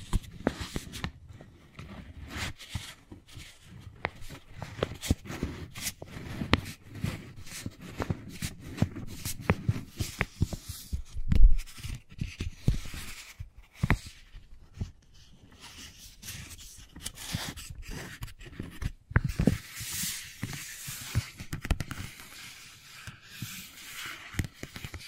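Wooden balls clack and roll in a steady, irregular stream of short knocks and taps, with a few louder thuds around the middle. After about nineteen seconds a brighter, hissy rustling rises beneath the clicks and then fades again.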